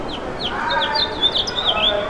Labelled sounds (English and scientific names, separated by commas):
House Finch (Haemorhous mexicanus) song